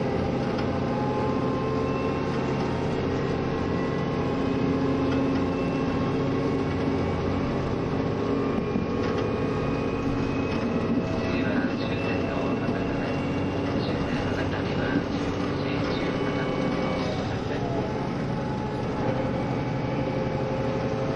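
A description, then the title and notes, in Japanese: Inside the KiHa 72 Yufuin no Mori train running from Ukiha to Hakata, a steady, dense low rumble and engine drone fill the whole stretch. Sustained humming tones hold at an even level, with brief rattles and faint murmurs of voices now and then. 配信は、JR九州キハ72系 ゆふいんの森06号02 うきは～博多です。走行音。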